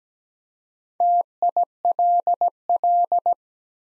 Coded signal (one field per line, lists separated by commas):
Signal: Morse code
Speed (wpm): 17 wpm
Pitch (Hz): 700 Hz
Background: none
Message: TILL